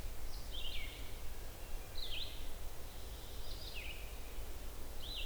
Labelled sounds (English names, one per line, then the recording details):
Red-eyed Vireo song
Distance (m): 85 m
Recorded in boreal forest in Alberta, Canada, on 29 June 2016 at 05:52
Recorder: SongMeter 3, array SBT-6-79
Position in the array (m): 120 m, 191 m